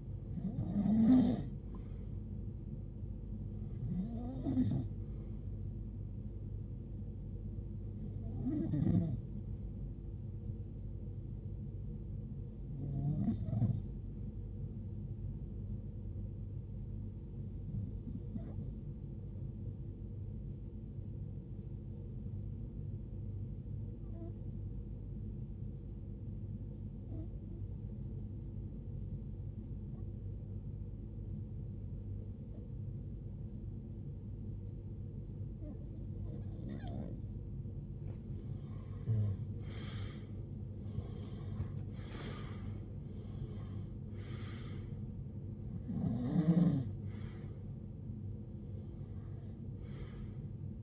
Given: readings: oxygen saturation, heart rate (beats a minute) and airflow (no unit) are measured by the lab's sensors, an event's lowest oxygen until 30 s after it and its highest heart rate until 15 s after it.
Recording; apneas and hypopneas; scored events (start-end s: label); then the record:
breathing in sleep by a smartphone at the bedside; 1
20.00-45.60 s: hypopnea (REM, oxygen 96% highest, then 90% lowest, heart rate 73 at the start, 82 highest)
From the record:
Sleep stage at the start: REM sleep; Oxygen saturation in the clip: 91 to 96%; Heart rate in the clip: 65 to 82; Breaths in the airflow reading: 16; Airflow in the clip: -19.5 to 17.7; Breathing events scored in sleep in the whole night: 389 in 6.3 hours asleep